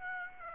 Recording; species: mosquito wingbeat signal from an infrared sensor; Aedes aegypti